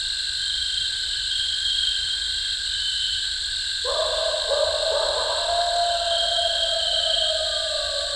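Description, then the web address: Eastern coyote howl breaking in abruptly halfway through, wavering and quavering with short pulsed breaks, over unbroken insect trilling. "coyote song full. coyote ecology-of-our-eastern-coyotes"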